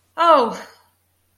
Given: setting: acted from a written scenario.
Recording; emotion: vocal sound without words; distress